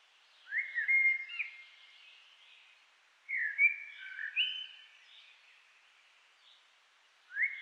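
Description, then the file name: Common blackbird song: low, fluted warbled phrases separated by pauses of a couple of seconds. "Turdus merula"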